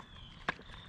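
A plastic air filter cover on a Troy-Bilt 4-cycle trimmer/blower, hooked at the top, is pushed shut by hand or fist onto the carburetor housing. A single sharp snap rises well above a quiet background with a faint steady high tone. The cover clicks and seats at 0.5 s.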